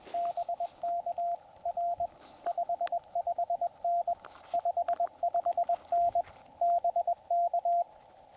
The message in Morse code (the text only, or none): BK R 55N 55N BK